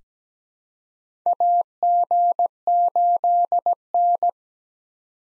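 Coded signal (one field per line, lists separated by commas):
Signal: Morse code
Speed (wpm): 17 wpm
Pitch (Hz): 700 Hz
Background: none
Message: AG8N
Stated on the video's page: Call sign head-copy practice of US four-character call signs at 17 wpm with Farnsworth timing using 2x character spacing; each call is sent in Morse, then spoken.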